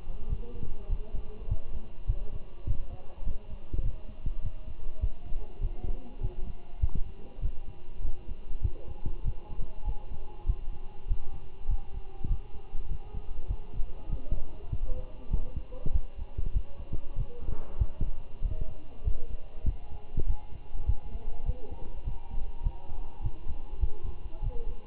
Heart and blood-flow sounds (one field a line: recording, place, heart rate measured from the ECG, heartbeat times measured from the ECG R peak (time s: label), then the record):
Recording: heart sounds by stethoscope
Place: between the tricuspid and mitral areas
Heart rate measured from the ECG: 99 bpm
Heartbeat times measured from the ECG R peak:
0.29 s: heartbeat
0.89 s: heartbeat
1.49 s: heartbeat
2.07 s: heartbeat
2.67 s: heartbeat
3.25 s: heartbeat
3.83 s: heartbeat
4.42 s: heartbeat
5.01 s: heartbeat
5.61 s: heartbeat
6.21 s: heartbeat
6.81 s: heartbeat
7.42 s: heartbeat
8.03 s: heartbeat
8.63 s: heartbeat
9.25 s: heartbeat
9.86 s: heartbeat
10.47 s: heartbeat
11.08 s: heartbeat
11.68 s: heartbeat
12.29 s: heartbeat
12.89 s: heartbeat
13.48 s: heartbeat
14.10 s: heartbeat
14.70 s: heartbeat
15.31 s: heartbeat
15.93 s: heartbeat
16.54 s: heartbeat
17.16 s: heartbeat
17.79 s: heartbeat
18.43 s: heartbeat
19.05 s: heartbeat
19.66 s: heartbeat
20.27 s: heartbeat
20.87 s: heartbeat
21.46 s: heartbeat
22.05 s: heartbeat
22.63 s: heartbeat
23.23 s: heartbeat
23.81 s: heartbeat
24.43 s: heartbeat
From the record:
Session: walking at 3.7 km/h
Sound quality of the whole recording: good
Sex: male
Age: 23 years